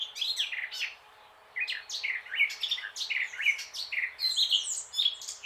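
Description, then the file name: Eurasian blackcap warbling song, rich varied notes, a brief pause after the first second, then a lively run of fluty, slurred phrases. "Sylvia atricapilla"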